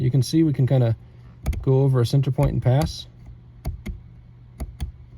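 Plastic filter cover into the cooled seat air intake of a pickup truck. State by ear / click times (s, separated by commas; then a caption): seated / 3.7 s, 3.9 s, 4.6 s, 4.8 s. Someone talks while a new plastic filter cover is pressed, blue side down, into the seat-base vent of the cooled seat air intake on a 2009-2014 Ford F-150 pickup truck; it clips in less confidently than the factory Ford covers. Sharp clicks sound at 3.7, 3.9, 4.6 and 4.8 seconds as the cover snaps into place. Once the first click is in, the cover is seated and solid.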